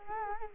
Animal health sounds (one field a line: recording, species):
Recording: mosquito wingbeat signal from an infrared sensor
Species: Culex quinquefasciatus